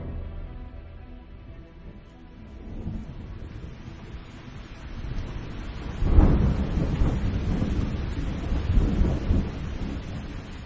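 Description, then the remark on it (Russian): Heavy rain pours steadily with a dense, drumming patter, its drops thudding dully on a green hood, and a deep roll of thunder swells up partway through, rumbling on loudly until the end. No voices. “Тяжелые капли дождя глухо стучат по зеленому капюшону”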